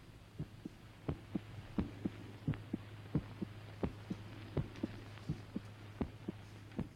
The actual heart sounds for purposes of diagnosis and future reference. Actually listening to the echoes of their own hearts.